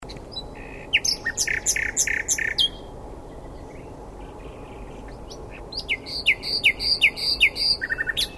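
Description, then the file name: Common nightingale singing varied phrases, first a jumbled run of chirps, then after a pause a series of clear repeated whistled notes, over low background noise. "Luscinia megarhynchos"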